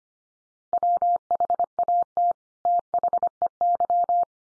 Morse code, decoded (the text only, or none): WHAT THEY